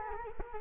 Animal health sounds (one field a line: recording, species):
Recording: mosquito wingbeat signal from an infrared sensor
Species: Culex quinquefasciatus